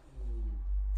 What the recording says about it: My stomach has bad issues at night. I just hear my stomach through my headphones just growling. I'm still hungry.